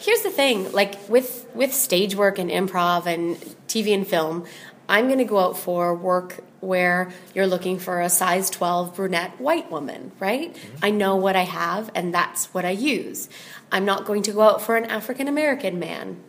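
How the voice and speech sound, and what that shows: An adult woman, an improv instructor, talks in a relaxed, fluent conversational voice with natural pitch and pauses while being interviewed; typical speech, no disorder.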